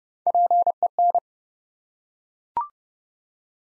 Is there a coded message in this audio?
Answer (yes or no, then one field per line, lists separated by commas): yes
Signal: Morse code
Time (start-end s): 0.3-1.2 s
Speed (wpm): 29 wpm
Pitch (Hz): 700 Hz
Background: none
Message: PEN